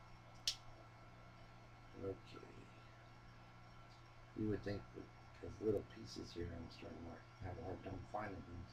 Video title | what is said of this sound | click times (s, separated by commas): Video 5 of full LEGO build set 10212 | you know they're in tight snap like that | 0.5 s